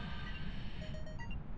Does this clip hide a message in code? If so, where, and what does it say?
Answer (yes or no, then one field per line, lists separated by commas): no